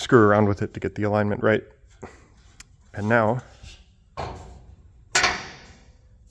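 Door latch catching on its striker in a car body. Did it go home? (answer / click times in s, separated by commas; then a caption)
yes / 5.2 s. Someone talks, then the door of a 2JZ Locost kit car is closed to test its newly fitted door latch. After a softer noise at about 4.2 s, the latch catches on its striker with one loud, sharp click at 5.2 s. The latch seats shut.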